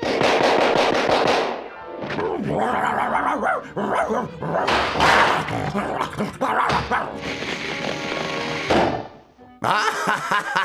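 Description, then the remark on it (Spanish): A dog barks and yelps in loud, rapid bursts as it is beaten with sticks, mixed with heavy thumping blows, with a few short pauses between the flurries. “Perrito, palos te voy a dar. Perrito, ya no podrás ladrar.”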